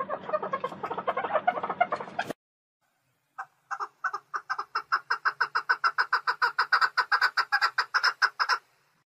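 Partridge calls follow a dense burst of mixed sound lasting two seconds; after a pause, a steady fast series of gravelly repeated notes.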